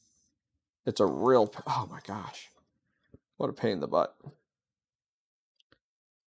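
Someone talks while pushing a microSD card into the spring-latch card slot on the loose control board of a HeatBit ASIC miner. The board shifts, so the card keeps popping back out, and two short clacks are heard at about 5.6 and 5.7 seconds. The card has not clicked or locked into place.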